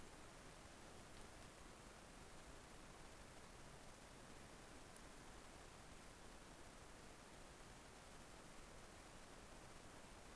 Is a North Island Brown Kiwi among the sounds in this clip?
no